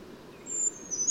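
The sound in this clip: Bird song: a quiet opening, then thin, very high whistles rising in loudness in the second half over a soft low hum.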